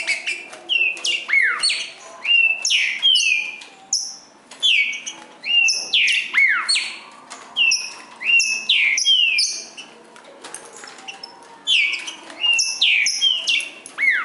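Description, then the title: Green-winged saltator song in dense clusters of descending whistled notes, phrases repeated every few seconds with short pauses between bursts. In the forest, singing in contest with a free-living wild bird. "Trinca Ferro NICÃ O No Mato Disputando Com Solto"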